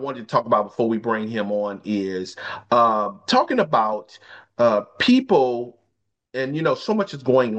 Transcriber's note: none